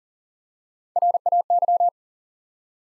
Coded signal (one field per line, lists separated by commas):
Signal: Morse code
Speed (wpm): 37 wpm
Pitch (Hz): 700 Hz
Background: none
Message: RAY